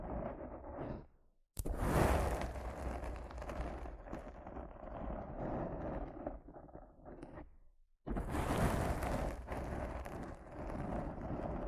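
Rough scratching and brushing right against a microphone, dense and gritty, with a steady low hum underneath. The rubbing stops abruptly near 1.5 seconds and again near 8 seconds, each time for a brief silence before resuming loudly.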